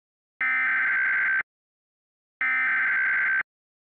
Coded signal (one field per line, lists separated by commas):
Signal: Emergency Alert System (SAME) tones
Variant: header bursts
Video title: VALID TONES - EAS Northeast USA Asteroid Impact